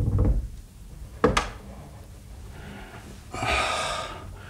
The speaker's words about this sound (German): Komm, mach die Tür zum Zimmer deiner Mutter wieder zu. Ja. Am Ende wacht sie noch auf.